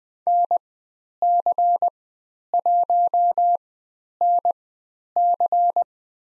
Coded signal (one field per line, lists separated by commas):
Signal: Morse code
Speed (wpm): 20 wpm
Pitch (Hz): 700 Hz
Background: none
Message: NC1NC